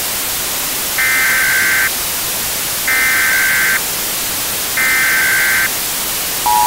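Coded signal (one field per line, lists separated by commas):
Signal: Emergency Alert System (SAME) tones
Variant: header bursts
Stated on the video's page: Simulated EAS scenario made with software.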